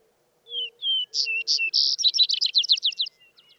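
Vesper sparrow song: two slurred, falling whistles, a few higher clipped notes, then a fast jumble of trilled notes, with faint low tones underneath.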